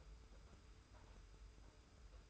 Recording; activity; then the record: daily activity, microphone in the room; take from stove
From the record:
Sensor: 2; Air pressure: 990.8 hPa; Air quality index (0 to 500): 110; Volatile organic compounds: 48 ppm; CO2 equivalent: 3273 ppm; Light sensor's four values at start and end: 35/103/40/39 and 35/103/40/39